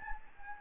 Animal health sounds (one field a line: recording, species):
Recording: mosquito wingbeat signal from an infrared sensor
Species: Anopheles gambiae